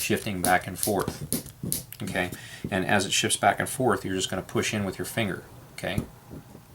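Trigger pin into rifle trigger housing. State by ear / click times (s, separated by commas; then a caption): not seated / none. Someone talks while the magazine latch and trigger housing of an M14 trigger group are squeezed together and the steel trigger pin, shifting back and forth, is pushed into the rifle trigger housing with a finger. Nothing has seated or clicked yet.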